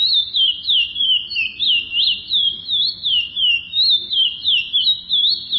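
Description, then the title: Chestnut-bellied seed finch song of sweet, high whistles linked into a flowing, wavering warble, pulsing regularly about three times a second throughout. "Canto De Curio"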